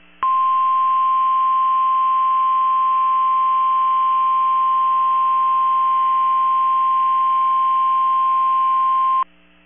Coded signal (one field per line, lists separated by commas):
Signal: Emergency Alert System (SAME) tones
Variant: 1050 Hz attention tone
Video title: 12/28/22 - KEC65 Required Weekly Test (EAS #704)